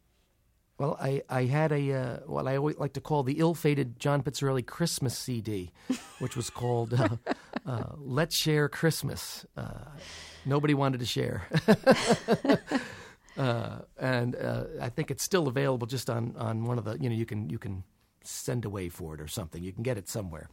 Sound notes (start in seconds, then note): 5.9 laughter; 11.5 laughter